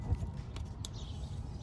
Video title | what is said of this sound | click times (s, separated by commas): S2000 LED dome light replacement & fix (led interior lights) | click make sure it clicks | 0.9 s